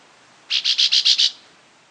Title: LuckyPassaro Completos2Sama. Chestnut-bellied Euphonia (Euphonia pectoralis)